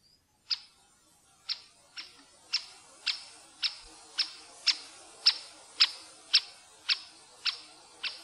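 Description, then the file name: Great spotted woodpecker calling with short, sharp 'kik' notes, repeated just under twice a second in a steady series, with quiet background noise. "flaggspett"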